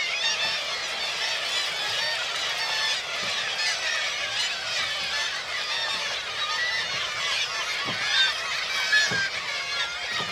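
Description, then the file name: Gull: a big flock of gulls keeps up a constant chorus of harsh yelping cries, while low soft thuds, like water slapping, sound now and then. Large group of gulls at a marina, with water lapping. "birds seagulls large group marina water lapping"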